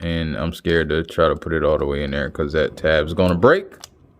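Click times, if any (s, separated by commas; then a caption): none. Someone talks while handling a plastic tab that has not gone all the way into its slot on a transforming robot toy, hesitant to push it in for fear the tab will break. Speech fills most of the clip, fading to near silence at the end with one faint short tick at 4.2 s. The tab is not yet home, and nothing has seated or clicked yet.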